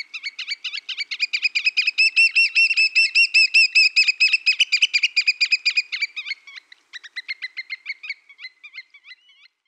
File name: Huitrier pie